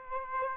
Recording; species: mosquito wingbeat signal from an infrared sensor; Aedes aegypti